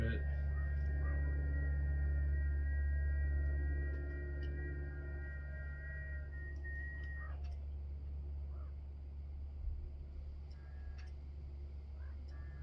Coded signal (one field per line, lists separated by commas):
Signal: FT8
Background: speech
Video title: HAM RADIO PORTABLE STATION SET UP BACKYARD